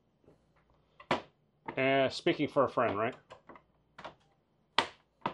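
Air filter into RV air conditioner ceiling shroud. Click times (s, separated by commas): 1.1 s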